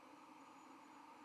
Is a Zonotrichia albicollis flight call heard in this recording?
no